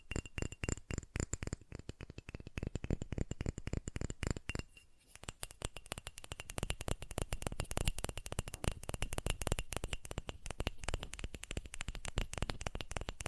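Rapid tapping runs almost without pause, dense sharp clicks crowding together at an uneven quick pace. Around the five-second mark it drops out for about half a second, then resumes even faster and denser. Close and crisp, with a small room feel.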